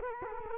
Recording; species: mosquito wingbeat signal from an infrared sensor; Culex quinquefasciatus